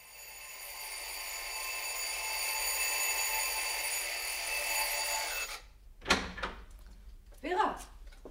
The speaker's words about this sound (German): Hast du den Wecker nicht gehört? Oh, entschuldige, Mama, ich hab verschlafen.